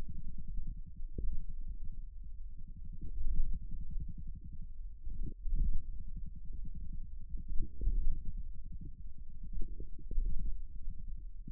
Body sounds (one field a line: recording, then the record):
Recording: forearm muscle sounds (acoustic myography)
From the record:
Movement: hand opening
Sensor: system 1, eight BSWA MPA416 microphones around the upper forearm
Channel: 8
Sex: male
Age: 41 years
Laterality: right